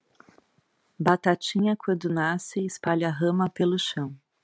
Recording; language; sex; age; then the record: short text; Brazilian Portuguese; female; 50 to 59 years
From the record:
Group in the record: control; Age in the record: 50 years